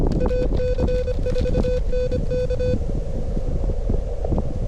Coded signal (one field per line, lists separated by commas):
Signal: Morse code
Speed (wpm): 25 wpm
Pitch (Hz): 500 Hz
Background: none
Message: AC4NK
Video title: The Wind Is A Hater! First Full POTA Activation At 25 WPM 🔥 Steady Climbing The Morse Code Ladder